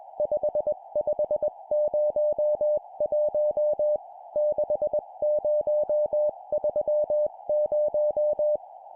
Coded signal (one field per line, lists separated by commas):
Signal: Morse code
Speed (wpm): 20 wpm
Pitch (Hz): 600 Hz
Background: music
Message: 5501 6030